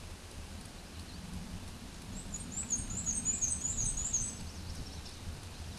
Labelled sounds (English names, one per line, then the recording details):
Black-and-white Warbler song
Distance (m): 15 m
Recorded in a Pennsylvania forest on 18 May 2023 at 13:54
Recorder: AudioMoth, point grid1_3_low
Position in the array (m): 86 m, 45 m